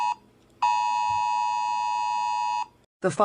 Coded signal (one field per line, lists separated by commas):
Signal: Emergency Alert System (SAME) tones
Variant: 853 and 960 Hz attention tone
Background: speech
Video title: The Halloween Entities (Halloween EAS Scenario) Part 2